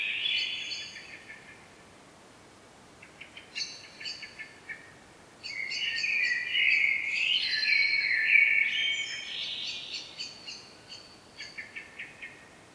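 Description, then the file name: Common blackbird song: a short phrase, then brief clicking notes, then a long, rich, fluty warbled phrase, followed by more brief clipped notes. "Turdus merula"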